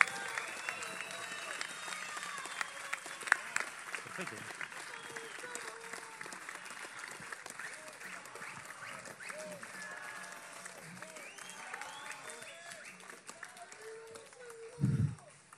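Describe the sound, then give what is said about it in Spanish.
A crowd at a Unidad Popular political rally in Uruguay applauds steadily to welcome vice-presidential candidate Gustavo López, a dense wash of clapping with some cheering voices mixed in, sustained at an even level before a brief louder burst at the end. “Fuerte el aplauso para recibirlo.”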